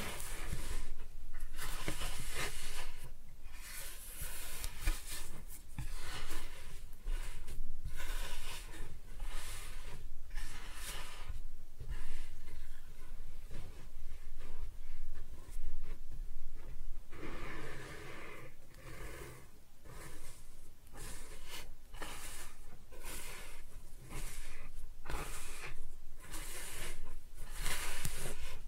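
Kinetic sand being cut and scooped up close, with crisp crunchy scrapes and soft hisses arriving in quick, irregular bursts throughout a quiet room.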